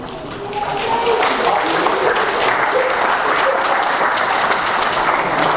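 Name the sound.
audience applause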